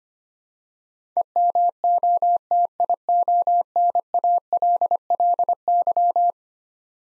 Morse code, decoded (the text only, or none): EMOTIONALLY